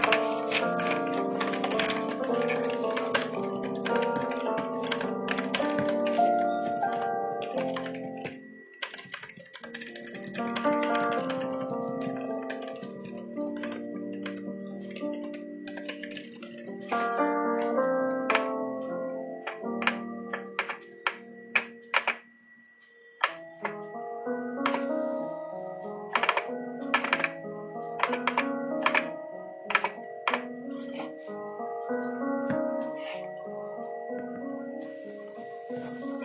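Soft piano music plays steadily with gentle stepping chords, pausing briefly around 22 seconds before resuming. Over it come frequent sharp, dry clicks of typing, in bursts and irregular taps throughout, with a faint steady high tone running through much of the clip.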